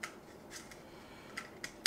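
A small sensor-cleaning attachment for a VSGO sensor cleaner is fidgeted with and pushed onto its plastic holder, giving a few light ticks and rattles at about 0.0, 1.4 and 1.6 seconds. A sharper, louder click at 1.9 seconds marks the attachment locking into place.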